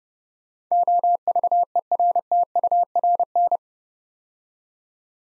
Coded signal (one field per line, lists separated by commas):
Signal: Morse code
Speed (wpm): 30 wpm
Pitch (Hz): 700 Hz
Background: none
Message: OVERTURN